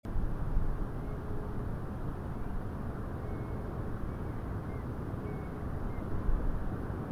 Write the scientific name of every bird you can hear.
Burhinus oedicnemus